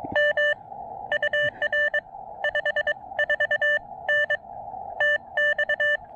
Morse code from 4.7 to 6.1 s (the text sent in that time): TX